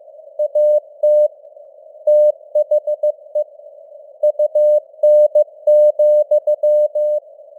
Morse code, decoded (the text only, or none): AT THE UN,